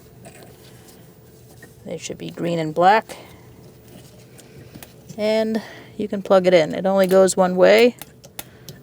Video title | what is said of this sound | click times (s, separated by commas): How to Replace Fuel Pump Module Assembly 2000-2006 Mini Cooper 1.6L L4 | So, line it up and push them together. You should also hear a click there. | 8.4 s